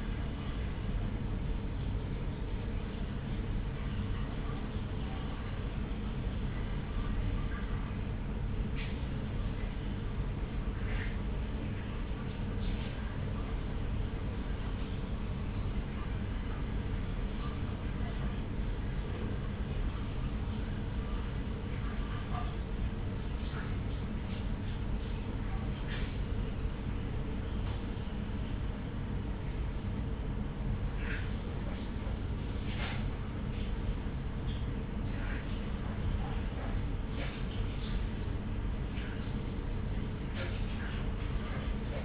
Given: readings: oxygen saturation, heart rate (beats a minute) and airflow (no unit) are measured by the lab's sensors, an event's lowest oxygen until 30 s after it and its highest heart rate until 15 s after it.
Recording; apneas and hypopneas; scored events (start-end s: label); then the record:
a person awake in a sleep study, by a smartphone at the bedside; none
0.00-42.05 s: awake
0.00-42.05 s: awake
From the record:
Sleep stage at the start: awake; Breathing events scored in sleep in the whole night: 210 in 6.9 hours asleep